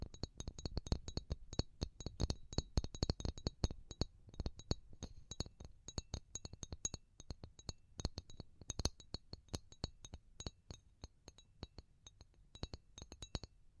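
Pure tapping on a glassy surface, sharp clinking taps that come in quick bursts and slower spaced runs across the whole fourteen seconds.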